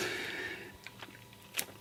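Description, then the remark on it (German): Pages are leafed through: a steady papery rustle slides along, then stops, followed by a few short crisp flicks and one sharper crackle of paper near the end. No one speaks. “Ich muss hier immer etwas blättern”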